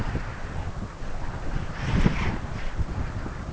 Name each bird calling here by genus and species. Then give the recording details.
none. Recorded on Arctic tundra, site UTQI-5, on 12 June 2019. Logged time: 08:00